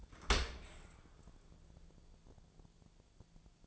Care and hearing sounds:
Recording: daily activity, microphone in the room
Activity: open dishwasher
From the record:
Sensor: 5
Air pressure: 1000.6 hPa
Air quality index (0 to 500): 147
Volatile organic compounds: 2 ppm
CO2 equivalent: 1134 ppm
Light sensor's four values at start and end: 41/93/40/43 and 41/94/40/44

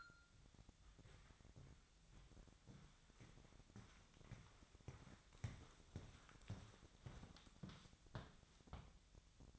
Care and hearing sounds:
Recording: daily activity, microphone in the room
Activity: walk to room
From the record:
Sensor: 3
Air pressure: 999.4 hPa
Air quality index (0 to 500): 195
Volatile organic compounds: 42 ppm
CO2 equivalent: 3188 ppm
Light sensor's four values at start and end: 8/19/8/7 and 8/19/7/7

